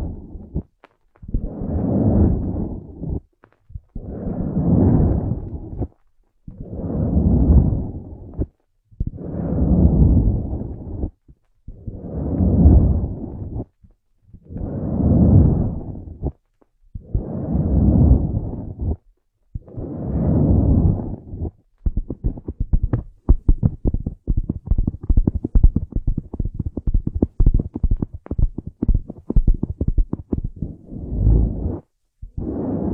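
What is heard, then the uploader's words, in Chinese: Ear massage with a rhythmic rubbing sound: soft, low swells rise and fade about every two seconds through the first twenty seconds. After that the strokes give way to a dense run of quick crackling taps and rustles, with a brief pause near the end. 按摩耳朵，一些让人放松的声音。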